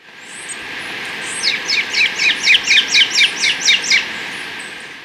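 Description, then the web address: Great thrush calling in a quick run of about ten sharp, bright notes. Recorded in Ecuador. "S America Birds of Ecuador. Great Thrush"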